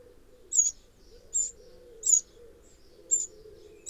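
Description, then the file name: Eurasian wren: five brief, sharp, high-pitched ticks within four seconds, against a faint low hum. "Troglodytes troglodytes"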